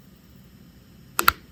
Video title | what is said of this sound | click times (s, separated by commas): My Wife Has NEVER Built a Differential... So I Taught Her | There it goes. And that locks everything in. | 1.2 s, 1.3 s